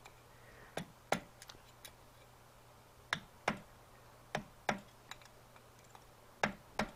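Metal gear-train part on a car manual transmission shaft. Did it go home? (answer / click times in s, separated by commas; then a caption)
no / none. A metal gear-train part is fitted by hand onto a shaft inside a Datsun 510 manual transmission during a rebuild. About a dozen light, sharp metallic clinks are spread across the 7 seconds over a quiet background. The part has not seated or clicked into place yet and is not fully on.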